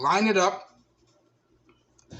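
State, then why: Not seated. Someone talks briefly while lining up the plastic Xiaomi Mi Band 4 fitness tracker capsule with the opening of a silicone replacement wrist strap, before it is pushed in and stretched around. Afterward only faint handling noises are heard, including two small taps near 1.7 and 2.0 seconds. The capsule has not yet seated or clicked into the strap.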